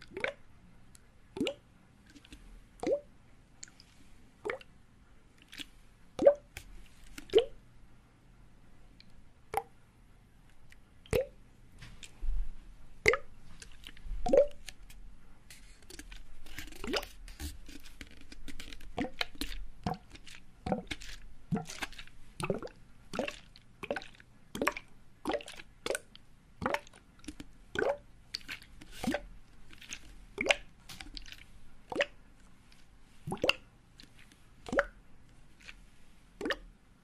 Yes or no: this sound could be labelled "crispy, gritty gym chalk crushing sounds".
no